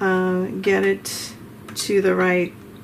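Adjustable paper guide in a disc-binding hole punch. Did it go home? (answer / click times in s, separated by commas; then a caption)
no / none. Someone talks while handling the adjustable paper-size guide on a disc-binding hole punch, sliding it to the right paper size. The clip holds only speech, with no distinct mechanical sound, and the guide has not locked into place yet.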